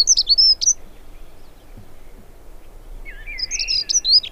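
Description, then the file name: Dunnock song, brief high scratchy warbled phrases at start and end, with a lower drawn-out buzzy note near the close over constant background noise. "accenteur mouchet"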